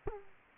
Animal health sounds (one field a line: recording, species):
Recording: mosquito wingbeat signal from an infrared sensor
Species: Aedes aegypti